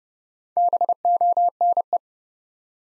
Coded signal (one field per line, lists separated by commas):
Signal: Morse code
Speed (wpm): 29 wpm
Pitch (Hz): 700 Hz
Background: none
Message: BONE